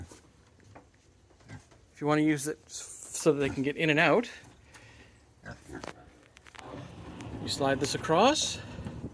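Someone talks while handling the sliding bolt on a barn pig hatch door, sliding it across toward its metal keeper (shoe) so the hatch can lock. A few brief knocks and scrapes are heard around 5.8 to 7.2 seconds. The bolt has not yet caught the shoe or locked into place, and nothing has seated or clicked yet.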